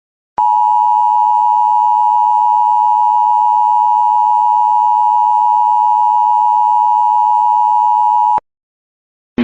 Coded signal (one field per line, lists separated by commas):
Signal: Emergency Alert System (SAME) tones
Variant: 853 and 960 Hz attention tone